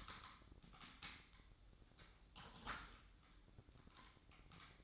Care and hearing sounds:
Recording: daily activity, microphone in the room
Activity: typing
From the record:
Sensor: 3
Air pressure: 1007.6 hPa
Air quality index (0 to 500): 60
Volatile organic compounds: 1 ppm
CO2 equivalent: 611 ppm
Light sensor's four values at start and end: 12/27/11/12 and 12/27/11/12

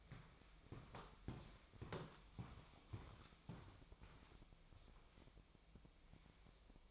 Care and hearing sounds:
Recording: daily activity, microphone in the room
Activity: walk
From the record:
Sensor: 1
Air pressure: 1001.7 hPa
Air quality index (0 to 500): 220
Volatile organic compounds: 29 ppm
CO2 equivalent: 2937 ppm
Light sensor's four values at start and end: 10/34/12/14 and 9/33/12/13

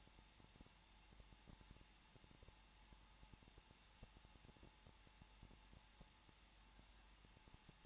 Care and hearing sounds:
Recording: daily activity, microphone in the room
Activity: no activity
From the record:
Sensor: 1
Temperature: 20.0 degrees Celsius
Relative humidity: 39.5%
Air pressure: 1006.4 hPa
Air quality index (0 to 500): 220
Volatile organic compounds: 83 ppm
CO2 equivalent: 3635 ppm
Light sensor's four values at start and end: 1/2/1/1 and 1/2/1/1

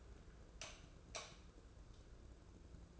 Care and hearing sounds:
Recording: daily activity, microphone in the room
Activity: light off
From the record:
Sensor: 2

